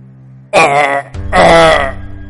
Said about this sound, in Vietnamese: Một tiếng gào trầm thấp từ yết hầu của Hạt Tử Kiếm Thánh bật ra